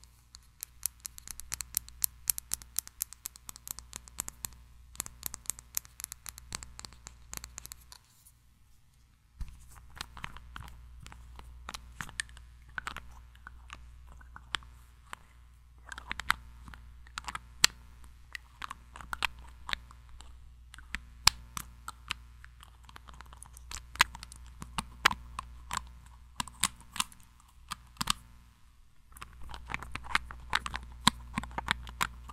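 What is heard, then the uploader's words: Tiny mic triggers: dense, irregular crisp taps and snips over a steady low hum, with a brief quiet gap near nine seconds. ASMR 1 HR Of Tiny Mic Triggers.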